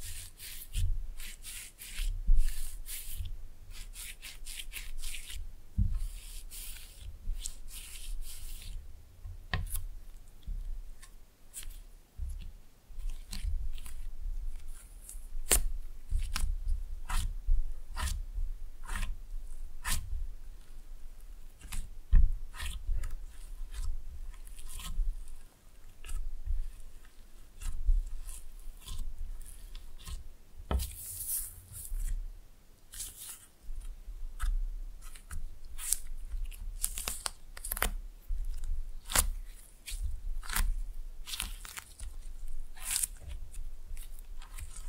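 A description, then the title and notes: Slime being squished and pulled makes a dense run of wet clicks, pops and sticky smacks for the whole 45 seconds. The sharp snaps come irregularly, sometimes in quick clusters, over a soft low rumble of handling and rubbing. ASMR Fun with Slime No Talking.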